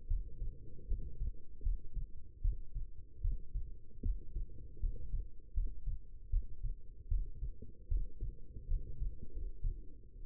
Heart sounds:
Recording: heart sounds by stethoscope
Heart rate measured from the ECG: 77 bpm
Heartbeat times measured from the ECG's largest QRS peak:
0.07 s: heartbeat
0.87 s: heartbeat
1.62 s: heartbeat
2.41 s: heartbeat
3.21 s: heartbeat
4.02 s: heartbeat
4.79 s: heartbeat
5.53 s: heartbeat
6.30 s: heartbeat
7.08 s: heartbeat
7.88 s: heartbeat
8.67 s: heartbeat
9.32 s: heartbeat
10.22 s: heartbeat
From the record:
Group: healthy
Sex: female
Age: 22 years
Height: 171 cm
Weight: 65.6 kg

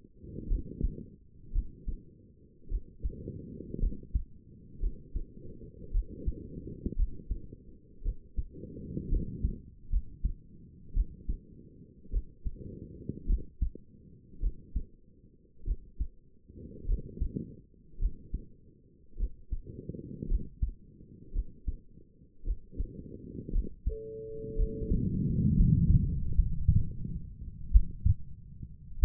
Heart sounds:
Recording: heart sounds by stethoscope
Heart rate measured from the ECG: 55 bpm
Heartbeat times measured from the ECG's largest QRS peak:
0.48 s: heartbeat
1.53 s: heartbeat
2.69 s: heartbeat
3.80 s: heartbeat
4.80 s: heartbeat
5.92 s: heartbeat
6.96 s: heartbeat
8.03 s: heartbeat
9.10 s: heartbeat
9.90 s: heartbeat
10.94 s: heartbeat
12.11 s: heartbeat
13.27 s: heartbeat
14.41 s: heartbeat
15.65 s: heartbeat
16.86 s: heartbeat
17.99 s: heartbeat
19.17 s: heartbeat
20.28 s: heartbeat
21.33 s: heartbeat
22.45 s: heartbeat
23.52 s: heartbeat
24.56 s: heartbeat
25.55 s: heartbeat
26.35 s: heartbeat
27.71 s: heartbeat
28.99 s: heartbeat
From the record:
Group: healthy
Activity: rest 0-24 s, breath hold 24-29 s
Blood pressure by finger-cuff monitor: 98/60 mmHg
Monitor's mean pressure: 72 mmHg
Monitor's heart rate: 54 bpm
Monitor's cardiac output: 4.9 L/min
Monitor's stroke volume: 90 mL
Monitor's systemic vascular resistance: 1040 dyn s/cm5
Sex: female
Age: 28 years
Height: 170 cm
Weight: 77 kg

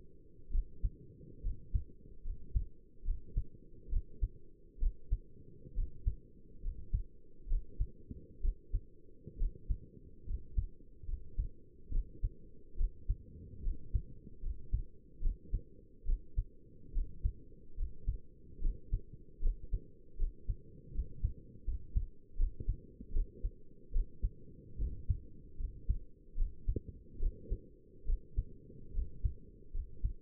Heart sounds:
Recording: heart sounds by stethoscope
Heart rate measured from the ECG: 72 bpm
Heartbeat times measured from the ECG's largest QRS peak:
0.53 s: heartbeat
1.44 s: heartbeat
2.25 s: heartbeat
3.06 s: heartbeat
3.91 s: heartbeat
4.81 s: heartbeat
5.76 s: heartbeat
6.63 s: heartbeat
7.49 s: heartbeat
8.43 s: heartbeat
9.39 s: heartbeat
10.27 s: heartbeat
11.08 s: heartbeat
11.92 s: heartbeat
12.78 s: heartbeat
13.64 s: heartbeat
14.43 s: heartbeat
15.23 s: heartbeat
16.07 s: heartbeat
16.94 s: heartbeat
17.78 s: heartbeat
18.62 s: heartbeat
19.42 s: heartbeat
20.19 s: heartbeat
20.94 s: heartbeat
21.67 s: heartbeat
22.39 s: heartbeat
23.14 s: heartbeat
23.94 s: heartbeat
24.80 s: heartbeat
25.60 s: heartbeat
26.38 s: heartbeat
27.20 s: heartbeat
28.07 s: heartbeat
28.94 s: heartbeat
29.74 s: heartbeat
From the record:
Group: healthy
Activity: cold pressor test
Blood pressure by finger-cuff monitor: 111/67 mmHg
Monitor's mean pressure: 80 mmHg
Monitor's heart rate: 72 bpm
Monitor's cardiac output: 6.3 L/min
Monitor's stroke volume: 89 mL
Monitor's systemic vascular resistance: 910 dyn s/cm5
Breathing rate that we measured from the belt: 15 breaths a minute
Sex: male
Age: 22 years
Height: 181 cm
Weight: 79 kg

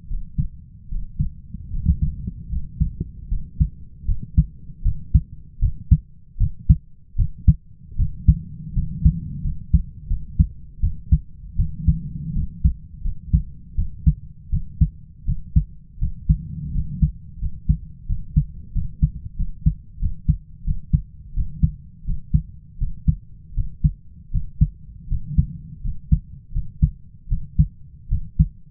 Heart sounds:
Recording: heart sounds by stethoscope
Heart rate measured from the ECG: 81 bpm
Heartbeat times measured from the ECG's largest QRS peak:
0.06 s: heartbeat
0.88 s: heartbeat
1.70 s: heartbeat
2.48 s: heartbeat
3.28 s: heartbeat
4.05 s: heartbeat
4.82 s: heartbeat
5.59 s: heartbeat
6.37 s: heartbeat
7.16 s: heartbeat
7.96 s: heartbeat
8.73 s: heartbeat
9.41 s: heartbeat
10.07 s: heartbeat
10.80 s: heartbeat
11.56 s: heartbeat
12.33 s: heartbeat
13.02 s: heartbeat
13.75 s: heartbeat
14.50 s: heartbeat
15.25 s: heartbeat
15.99 s: heartbeat
16.72 s: heartbeat
17.38 s: heartbeat
18.06 s: heartbeat
18.72 s: heartbeat
19.36 s: heartbeat
19.99 s: heartbeat
20.64 s: heartbeat
21.33 s: heartbeat
22.04 s: heartbeat
22.78 s: heartbeat
23.54 s: heartbeat
24.31 s: heartbeat
25.07 s: heartbeat
25.81 s: heartbeat
26.52 s: heartbeat
27.28 s: heartbeat
28.08 s: heartbeat
From the record:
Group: healthy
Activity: rest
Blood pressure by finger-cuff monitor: 103/62 mmHg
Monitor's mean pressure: 72 mmHg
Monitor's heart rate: 79 bpm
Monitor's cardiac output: 5.8 L/min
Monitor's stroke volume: 69 mL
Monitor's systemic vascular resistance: 980 dyn s/cm5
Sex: male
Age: 20 years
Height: 167 cm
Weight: 61 kg

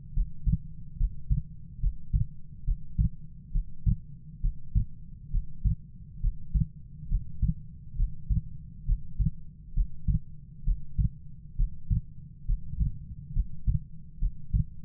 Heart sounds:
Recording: heart sounds by stethoscope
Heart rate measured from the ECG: 68 bpm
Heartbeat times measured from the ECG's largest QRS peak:
0.14 s: heartbeat
0.97 s: heartbeat
1.80 s: heartbeat
2.64 s: heartbeat
3.52 s: heartbeat
4.41 s: heartbeat
5.31 s: heartbeat
6.20 s: heartbeat
7.08 s: heartbeat
7.96 s: heartbeat
8.85 s: heartbeat
9.74 s: heartbeat
10.64 s: heartbeat
11.56 s: heartbeat
12.46 s: heartbeat
13.33 s: heartbeat
14.19 s: heartbeat
From the record:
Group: healthy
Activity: breath hold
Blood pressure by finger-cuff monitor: 139/83 mmHg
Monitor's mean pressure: 102 mmHg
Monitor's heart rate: 68 bpm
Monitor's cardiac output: 6.2 L/min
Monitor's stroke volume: 92 mL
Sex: female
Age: 22 years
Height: 161 cm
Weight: 65.5 kg

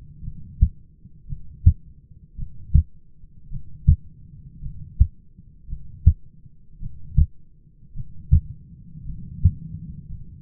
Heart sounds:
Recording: heart sounds by stethoscope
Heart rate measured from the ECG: 55 bpm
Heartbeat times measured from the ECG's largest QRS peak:
0.23 s: heartbeat
1.27 s: heartbeat
2.37 s: heartbeat
3.50 s: heartbeat
4.61 s: heartbeat
5.68 s: heartbeat
6.80 s: heartbeat
7.94 s: heartbeat
9.05 s: heartbeat
10.08 s: heartbeat
From the record:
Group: heart failure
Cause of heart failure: dilated cardiomyopathy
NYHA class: 2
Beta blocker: bisoprolol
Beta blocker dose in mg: 10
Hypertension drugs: sacubitril-valsartan, spironolactone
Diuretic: furosemide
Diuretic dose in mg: 40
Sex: male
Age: 29 years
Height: 174 cm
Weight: 92 kg

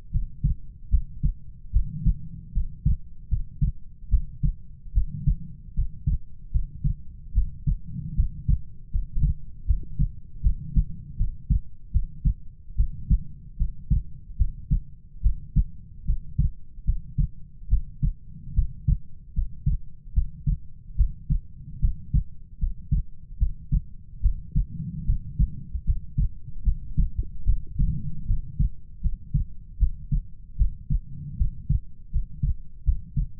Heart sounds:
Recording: heart sounds by stethoscope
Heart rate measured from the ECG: 75 bpm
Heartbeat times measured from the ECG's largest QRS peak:
0.11 s: heartbeat
0.89 s: heartbeat
1.71 s: heartbeat
2.52 s: heartbeat
3.28 s: heartbeat
4.09 s: heartbeat
4.93 s: heartbeat
5.74 s: heartbeat
6.51 s: heartbeat
7.33 s: heartbeat
8.15 s: heartbeat
8.90 s: heartbeat
9.65 s: heartbeat
10.41 s: heartbeat
11.16 s: heartbeat
11.91 s: heartbeat
12.75 s: heartbeat
13.57 s: heartbeat
14.36 s: heartbeat
15.21 s: heartbeat
16.05 s: heartbeat
16.84 s: heartbeat
17.68 s: heartbeat
18.54 s: heartbeat
19.33 s: heartbeat
20.13 s: heartbeat
20.96 s: heartbeat
21.80 s: heartbeat
22.58 s: heartbeat
23.38 s: heartbeat
24.21 s: heartbeat
25.05 s: heartbeat
25.84 s: heartbeat
26.63 s: heartbeat
27.44 s: heartbeat
28.25 s: heartbeat
29.01 s: heartbeat
29.78 s: heartbeat
30.57 s: heartbeat
31.37 s: heartbeat
32.11 s: heartbeat
32.84 s: heartbeat
From the record:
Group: healthy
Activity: rest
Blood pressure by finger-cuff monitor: 96/54 mmHg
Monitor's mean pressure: 69 mmHg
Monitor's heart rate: 75 bpm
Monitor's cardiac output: 7 L/min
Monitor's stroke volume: 95 mL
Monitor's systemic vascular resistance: 700 dyn s/cm5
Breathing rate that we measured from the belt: 20 breaths a minute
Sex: female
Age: 19 years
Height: 163 cm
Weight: 48.9 kg

